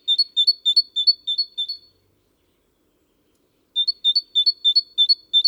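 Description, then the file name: Great tit giving a fast run of repeated two-note phrases, then silence for nearly two seconds, then another run of the same ringing phrases. "Parus major"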